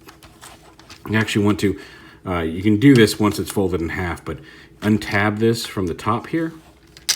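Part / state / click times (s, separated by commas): tank tread assembly into toy robot leg / not seated / none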